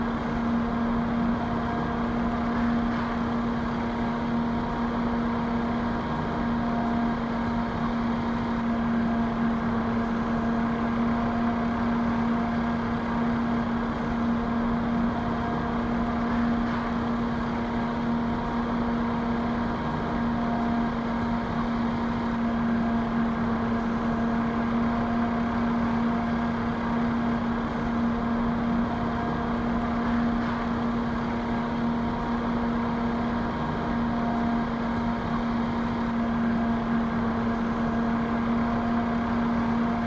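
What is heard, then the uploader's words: A box fan runs steadily for the whole stretch, a constant whooshing air noise with a strong low hum from the motor and a few faint whining tones above it. Nothing changes over the forty seconds; the sound is even and unbroken. The Box Fan.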